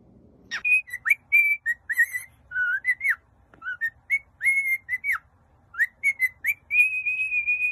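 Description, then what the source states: Cockatiel whistled song of short, bright whistles, some swooping up or down, in quick groups with brief gaps, ending in a long steady whistle. Cockatiels singing and whistling, more than one bird.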